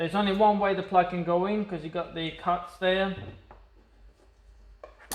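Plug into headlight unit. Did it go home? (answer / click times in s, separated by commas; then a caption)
yes / 5.1 s. Someone talks while the keyed plug of a headlight bulb holder on a 2008–2017 VW Scirocco Mk3 is pushed back into the rear of the headlight unit; it only fits one way because of its cut-outs. After the talking stops, there is a short quiet stretch with faint handling noise, then a small tap at 4.8 s. A sharp click at 5.1 s follows, and the plug is confirmed clicked and locked in.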